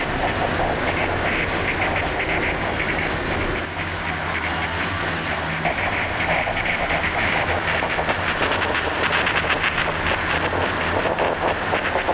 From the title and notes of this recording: Field recording during my kitchen makeover. Manipulated & mastered in Ableton Live 11.